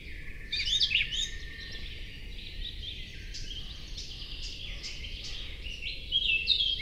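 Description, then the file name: Eurasian blackcap song: a quick tumbling warble at the start and another near the end, with softer twittering between, over a low steady hum. "Sylvia atricapilla"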